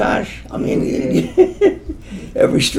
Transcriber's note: laughs